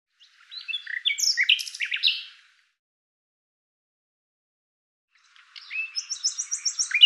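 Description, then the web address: Common Nightingale song: a burst of varied chirps and short whistles, a pause, then a rapid series of repeated high notes. "Deverinetal 2025"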